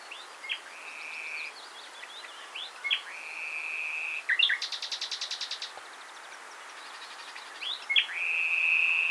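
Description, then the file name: Common nightingale song: long level whistles alternating with brief chirps, a rapid rattling trill in the middle, then a final swelling whistle, over constant background hiss. "Luscinia megarhynchos"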